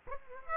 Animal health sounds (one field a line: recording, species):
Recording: mosquito wingbeat signal from an infrared sensor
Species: Aedes aegypti